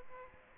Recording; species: mosquito wingbeat signal from an infrared sensor; Aedes aegypti